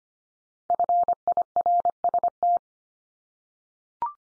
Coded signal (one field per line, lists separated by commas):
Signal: Morse code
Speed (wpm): 25 wpm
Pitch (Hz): 700 Hz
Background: none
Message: FIRST